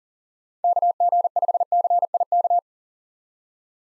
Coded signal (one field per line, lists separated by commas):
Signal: Morse code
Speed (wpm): 40 wpm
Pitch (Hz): 700 Hz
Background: none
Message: KG5CIK